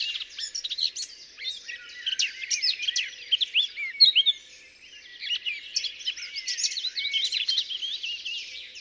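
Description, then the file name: Eurasian blackcap song: lively, jumbled high warbling with quick squeaks and trills, a brief lull midway before the chatter resumes. "Sylvia atricapilla"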